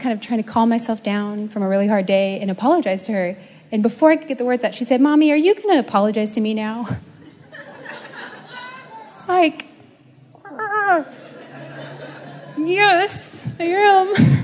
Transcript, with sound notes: I was kind of trying to calm myself down from a really hard day and apologize to her. And before I could get the words out, she said, “Mommy, are you going to apologize to me now?” (laughter) It’s like, “Arrgh, yes, I am,